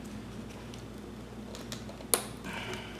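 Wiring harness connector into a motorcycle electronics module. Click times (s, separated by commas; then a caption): 2.1 s. A wiring harness connector is pushed home into a Bazzaz ZFi TC / Quick Shifter / Z-AFM fuel/ignition controller module during installation on a 2011-14 GSXR 600 sport motorcycle. After quiet low background noise, a single sharp click is heard at 2.1 s as the connector snaps into place, followed by a brief softer tick near the end. The connector is seated, and the unit then lights up on 12 V power.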